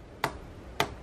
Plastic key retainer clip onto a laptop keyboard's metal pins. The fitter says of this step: like that so that snap back in now you bring your key cap back over again